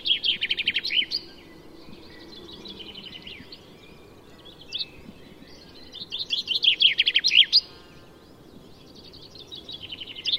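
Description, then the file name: Common chaffinch singing three songs, each a bright rattling trill falling in pitch to a flourish (the last cut off at the end), with quieter chirps between phrases. "Fringilla coelebs"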